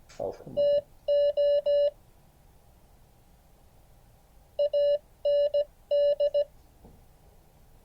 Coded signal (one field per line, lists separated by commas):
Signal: Morse code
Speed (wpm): 17 wpm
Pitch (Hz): 580 Hz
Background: none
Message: TO AND